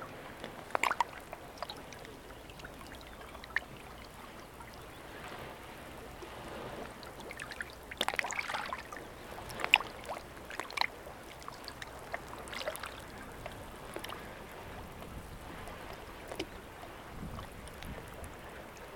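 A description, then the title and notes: Water moves around a rockpool in Wester Ross, with a steady low wash under scattered sharp splashes and drips. Bursts of louder sloshing come near the start, around eight to ten seconds, and again near sixteen seconds, in an irregular rhythm. Beside a rockpool in Wester Ross. Kelp rolls in the mineral-blue waters at your toes; beyond that is the moon beach, your footprints already washed clean by the gently shelving waves. Recorded by Daniel Graham, presented by Hannah Tribe.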